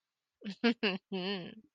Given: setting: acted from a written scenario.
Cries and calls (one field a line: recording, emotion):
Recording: vocal sound without words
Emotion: desire